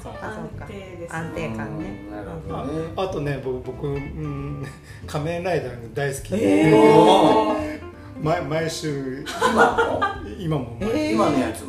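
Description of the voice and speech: A 50-year-old man with aphasia for 12 years following a cerebral hemorrhage speaks Japanese haltingly. He repeats words such as "boku boku" and "ima mo ima mo", with frequent fillers and pauses and a brief laugh. This non-fluent, repetitive word-finding pattern reflects his lasting language impairment.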